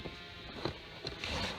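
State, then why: Seated. The bottom plastic wiring connector is lined up with the spade terminals and pushed onto the keyed MDL relay ignition switch of a Cub Cadet Super LT 1554 tractor. Sharp clicks are heard at 0.7, 1.1 and 1.2 seconds over a steady background hiss. The connector is pushed home and seated on the switch.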